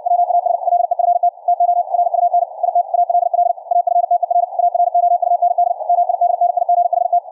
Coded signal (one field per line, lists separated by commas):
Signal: Morse code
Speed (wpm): 64 wpm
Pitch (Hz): 700 Hz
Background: radio noise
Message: WAS LEFT TO RUN IT ALL AFTER AROUND MIDNIGHT